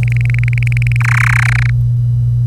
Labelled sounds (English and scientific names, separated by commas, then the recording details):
Domestic Canary (Serinus canaria) song
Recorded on 25 April 2018 at 08:41
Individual llb3